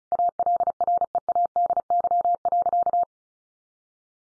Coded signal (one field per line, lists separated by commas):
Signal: Morse code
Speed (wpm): 34 wpm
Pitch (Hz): 700 Hz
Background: none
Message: ALREADY.